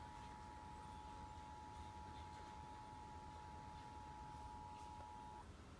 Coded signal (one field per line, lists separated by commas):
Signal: Emergency Alert System (SAME) tones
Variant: 853 and 960 Hz attention tone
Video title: EAS Alert #12: Severe Thunderstorm Warning for 5 Indiana Counties.